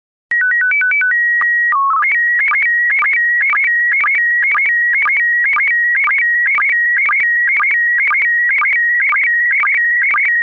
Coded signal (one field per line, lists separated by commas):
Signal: SSTV (slow-scan television)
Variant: PD 120